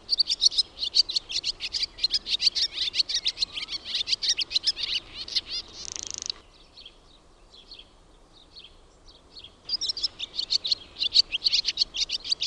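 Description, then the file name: Barn swallow giving rapid, scratchy high twitters, then a short buzzy rattle, a few seconds with only faint notes, and more twittering at the end. "HAARAPAASKY"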